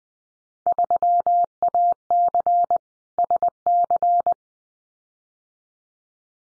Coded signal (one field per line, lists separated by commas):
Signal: Morse code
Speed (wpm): 20 wpm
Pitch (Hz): 700 Hz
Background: none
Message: 3AC SC